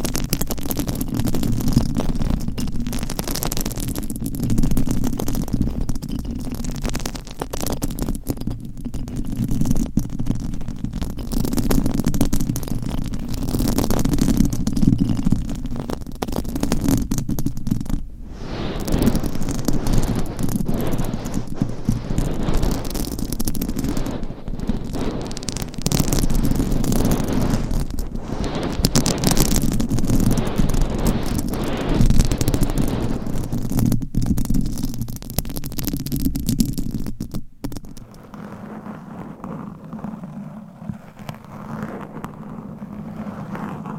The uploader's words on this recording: ASMR Mic Scratching - Brain Scratching 40 Different Mic Setups - Asmr No Talking.